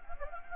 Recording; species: mosquito wingbeat signal from an infrared sensor; Anopheles gambiae